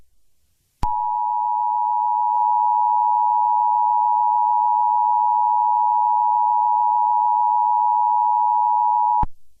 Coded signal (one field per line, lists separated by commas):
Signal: Emergency Alert System (SAME) tones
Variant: 853 and 960 Hz attention tone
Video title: EAS: Colored Rain